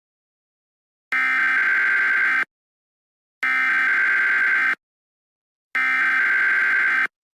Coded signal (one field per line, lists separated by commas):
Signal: Emergency Alert System (SAME) tones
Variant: header bursts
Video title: EAS Scenario #4 - Hyper Flash Flood